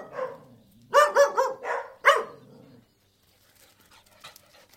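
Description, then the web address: Dog gives one bark, then a rapid run of five loud, harsh barks, then goes quiet apart from faint sounds. Two collie-Airedale crosses barking indoors. "Sound Effects-BBC Dogs Airedales BBC"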